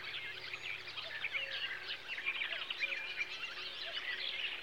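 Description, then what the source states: Birds: many overlapping chirps, trills and whistled phrases, high and continuous, with a faint low hum underneath. Summer birdsong.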